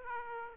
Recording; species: mosquito wingbeat signal from an infrared sensor; Aedes aegypti